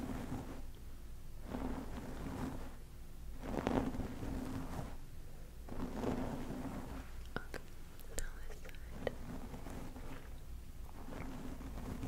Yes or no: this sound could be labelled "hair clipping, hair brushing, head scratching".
yes